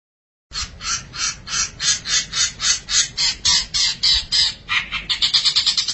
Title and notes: Pentet 201703. Suara burung pentet